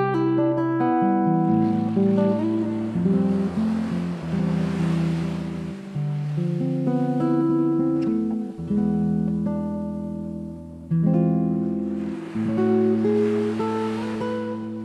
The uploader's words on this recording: Enjoy charm and freedom of beautiful islands with laid back improvisation on classical guitar to sound of waves.